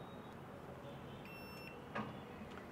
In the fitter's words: यह लॉक हो गया यानी